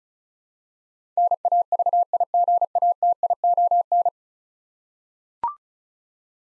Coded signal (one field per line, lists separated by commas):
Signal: Morse code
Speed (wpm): 36 wpm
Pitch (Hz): 700 Hz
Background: none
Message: NAVIGATION